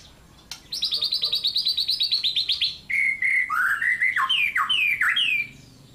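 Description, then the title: White-rumped shama singing a long rattling trill of repeated notes, then a series of loud whistled phrases that rise and fall in quick succession. Murai master song for training cage birds to sing, with lovebird-like notes. "Suara murai rasa lovebird"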